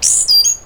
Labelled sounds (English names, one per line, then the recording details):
Stitchbird song
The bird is a male
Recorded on Tiritiri Matangi Island, New Zealand, in 2005
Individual 12, of nest box 16